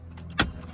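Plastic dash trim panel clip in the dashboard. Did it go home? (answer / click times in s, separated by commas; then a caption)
released / 0.4 s. A trim tool set at the corner of a plastic dash trim panel in the dashboard of a 2021 Ford F-150 XLT pries it up, as part of installing a 12-inch radio navigation screen. Over a steady low hum and a couple of faint ticks around 0.2 s and 0.3 s, a sharp loud pop at 0.4 s marks the retaining clip letting go, and the trim panel is released.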